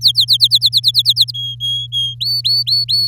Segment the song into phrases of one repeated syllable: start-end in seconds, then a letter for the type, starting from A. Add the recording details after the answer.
0.01-0.25 A, 0.28-1.31 B, 1.34-2.15 C, 2.20-3.07 D. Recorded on 8 May 2018 at 05:42. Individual llb16